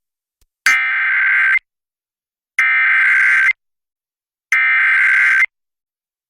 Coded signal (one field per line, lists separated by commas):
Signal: Emergency Alert System (SAME) tones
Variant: header bursts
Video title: ArkLaTex Wants More | EAS Alerts from January 18th, 2023 (EAS #2428-2437)